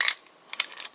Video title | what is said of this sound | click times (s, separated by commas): 豪宅玩具~1211~超級戰隊2004特搜戰隊刑事連者 特捜戦隊デカレンジャー 刑事連者機械人 | 主要是装在这边，它这边有个插销啊，这样扣上去， | 0.6 s